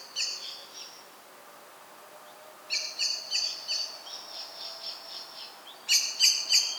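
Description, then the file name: Common blackbird giving faint high notes, then a longer, steady series of chinking calls, ending with three loud, sharp notes. "Turdus merula"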